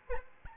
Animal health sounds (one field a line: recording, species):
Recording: mosquito wingbeat signal from an infrared sensor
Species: Aedes albopictus